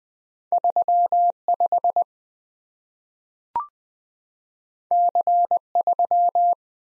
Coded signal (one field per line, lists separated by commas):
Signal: Morse code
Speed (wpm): 20 wpm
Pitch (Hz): 700 Hz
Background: none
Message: 35 C3